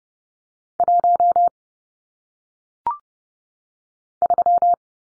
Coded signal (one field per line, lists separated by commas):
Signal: Morse code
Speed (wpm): 30 wpm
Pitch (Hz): 700 Hz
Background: none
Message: 1 3